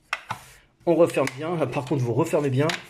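A plastic intake part is pushed into its seat in a JBL CristalProfi e402 greenline external aquarium filter and snaps into place with a sharp click at 0.1 s, followed by a softer knock at 0.3 s. After a brief pause, someone talks. The part is seated.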